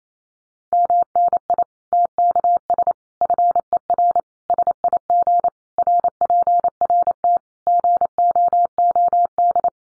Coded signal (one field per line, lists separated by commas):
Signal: Morse code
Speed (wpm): 28 wpm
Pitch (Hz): 700 Hz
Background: none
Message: MNI TKS FER SIG RPRT GOOD